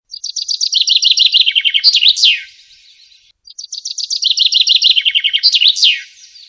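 Bird chirping in rapid high trills, a run of quick notes ending in a sharp whistle, the phrase given twice with a short pause between.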